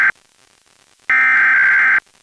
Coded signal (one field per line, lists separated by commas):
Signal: Emergency Alert System (SAME) tones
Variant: header bursts